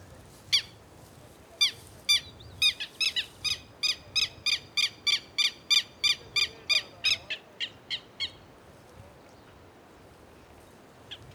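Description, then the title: Black-crested warbler song: a rapid series of sharp, high chipping notes, holding steady and then fading, before a pause of about three seconds. "Myiothlypis Nigrocristata"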